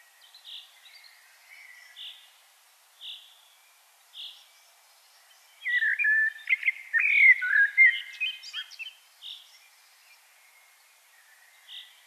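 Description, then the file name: Common blackbird song: a fluty, warbling phrase in the middle, with short high notes at intervals before and after. "Turdus merula"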